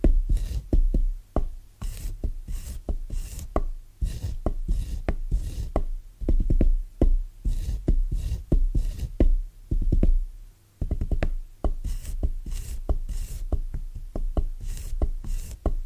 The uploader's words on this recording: ASMR Rhythmic Tapping Bassy & Soft No Talking.